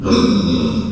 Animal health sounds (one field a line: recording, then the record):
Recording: squeal of a Yucatan mini pig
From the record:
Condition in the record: after surgery on the right vocal fold (resection and tissue-engineered implant)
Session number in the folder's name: 12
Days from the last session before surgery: 105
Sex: female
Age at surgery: 19 weeks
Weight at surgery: 25 kg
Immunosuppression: prednisolone